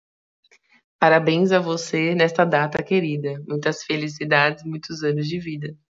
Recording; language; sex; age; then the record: short text; Brazilian Portuguese; female; 20 to 29 years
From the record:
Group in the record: control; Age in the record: 26 years